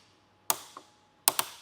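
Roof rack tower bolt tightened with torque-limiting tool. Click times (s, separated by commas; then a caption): 0.5 s, 1.3 s. A roof rack tower bolt for Yakima JetStream crossbars on a 2024 Ram 1500 is tightened with a torque-limiting tool. Sharp, bright clicks sound at 0.5 s and 1.3 s, with a faint tick at 0.8 s and another click at 1.4 s. The clicks confirm the bolt has reached its torque setting and is fully tightened.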